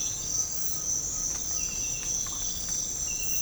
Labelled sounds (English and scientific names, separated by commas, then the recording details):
none
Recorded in pastures near Puerto Asís, Putumayo, Colombia, on 18 December 2024 at 05:30
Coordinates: 0.496, -76.326
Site G004